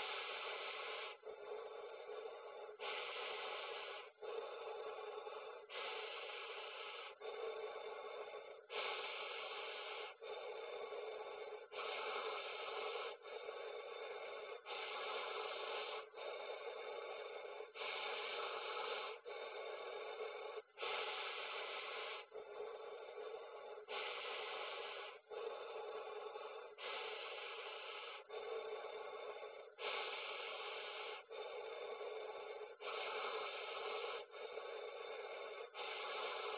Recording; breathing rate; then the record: paced breathing near a phone; 20 breaths a minute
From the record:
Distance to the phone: 20 cm